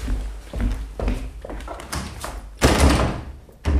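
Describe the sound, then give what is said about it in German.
Repeated rattling and thudding of a door locked from the outside being tried, with several knocks and handle clatters, then a heavier burst of jostling noise near the end. “Verdammt, die Tür ist verschlossen.”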